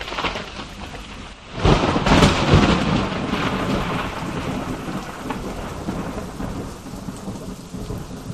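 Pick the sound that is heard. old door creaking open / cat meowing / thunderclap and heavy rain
thunderclap and heavy rain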